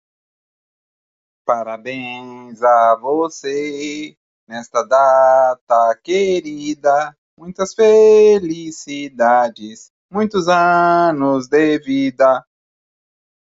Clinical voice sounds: short text; Brazilian Portuguese; male; 40 to 49 years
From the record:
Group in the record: control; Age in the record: 46 years

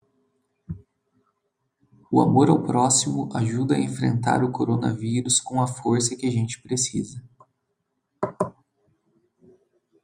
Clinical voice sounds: spoken sentence; Brazilian Portuguese; male; 30 to 39 years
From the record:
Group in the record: control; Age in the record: 33 years

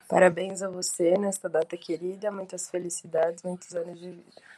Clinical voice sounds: short text; Brazilian Portuguese; female; 20 to 29 years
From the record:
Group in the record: control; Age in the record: 29 years

